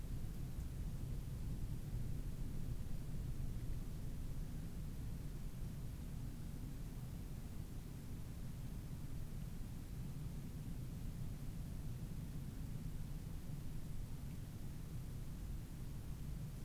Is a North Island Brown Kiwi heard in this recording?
no